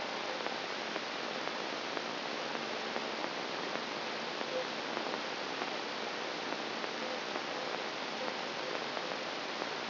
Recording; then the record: brain microelectrode recording played as sound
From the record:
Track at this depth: inside the subthalamic nucleus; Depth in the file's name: 0.558 mm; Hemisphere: right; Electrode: 3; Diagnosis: Parkinson's disease